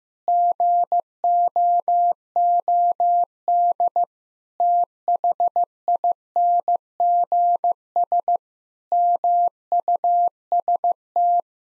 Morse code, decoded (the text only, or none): GOOD THINGS MUST